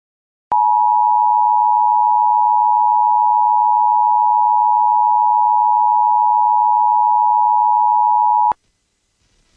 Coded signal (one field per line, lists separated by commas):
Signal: Emergency Alert System (SAME) tones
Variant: 853 and 960 Hz attention tone